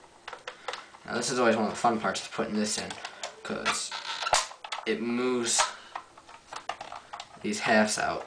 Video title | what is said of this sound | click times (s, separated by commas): Assembling the Empire Prophecy | kind of one nice little rolling action you know push that tab in and it'll snap right in | 0.3 s, 0.5 s